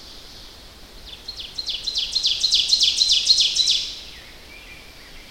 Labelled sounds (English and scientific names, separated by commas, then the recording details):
Ovenbird (Seiurus aurocapilla) song
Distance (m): 15 m
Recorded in boreal forest in Alberta, Canada, on 10 June 2016 at 07:47
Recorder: SongMeter 3, array SBT-3-39
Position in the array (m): 324 m, 145 m
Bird 19